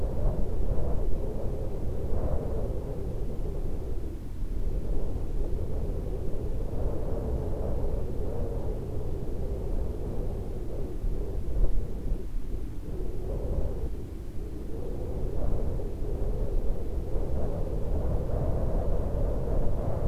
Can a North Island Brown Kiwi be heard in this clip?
no